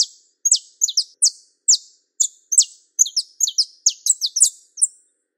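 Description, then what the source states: Belgian canary singing a series of bright, high chirps, each note dropping sharply in pitch, often paired or clustered, delivered quickly against a silent background. Song of a pure-bred Belgian canary.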